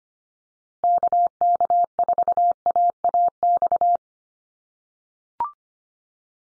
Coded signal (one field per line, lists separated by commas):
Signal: Morse code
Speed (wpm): 25 wpm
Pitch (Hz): 700 Hz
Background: none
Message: KK4AAX